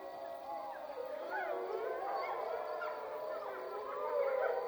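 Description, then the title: Wolf group chorus of quick yelps and short sliding howls, tangled and overlapping, rising in intensity at the close. Wolf recorded at Freita. "Wolf Soundscapes 10 Freita Melissa Pons"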